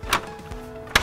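The front grille of a 2012 Ford Powerstroke truck, removed for a headlight install, is pressed back onto the front end, starting in the center, so its five plastic clips engage the mounting holes. Two sharp snapping thunks are heard at 0.1 s and 1.0 s over a steady tonal hum, with the second louder. The clips pop into place and the grille is seated.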